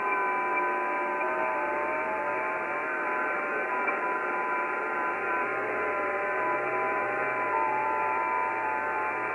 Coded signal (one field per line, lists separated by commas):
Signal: FT8